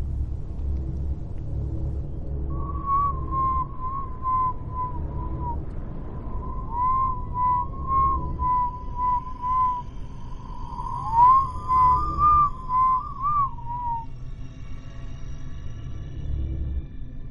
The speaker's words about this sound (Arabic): وصوت الصفير في العادي يعني حاجة متخوفش، ولكن تخيل معايا انت واقف في الضلمة في بيت عارف انه مسكون ولوحدك والدنيا كحل وحد بيصفر لك.